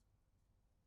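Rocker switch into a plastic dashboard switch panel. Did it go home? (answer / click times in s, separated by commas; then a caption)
no / none. A lighting rocker switch, already connected to its harness connector, is handled at the plastic dashboard switch panel of a Polaris RZR Trail/Trail S, where it is meant to be pressed in until it clicks. Only a faint, steady low rumble is heard with no distinct click, and nothing has seated or clicked yet.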